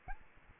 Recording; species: mosquito wingbeat signal from an infrared sensor; Aedes albopictus